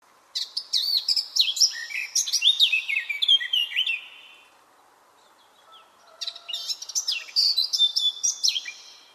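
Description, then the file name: Eurasian blackcap song: two fast, rich warbling phrases of varied whistled and chattering notes, separated by a short pause. "Sylvia atricapilla"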